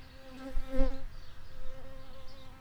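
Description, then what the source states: Shrill carder bee buzzing, a steady low hum with a brief louder swell in the first second, then continuing evenly. Workers.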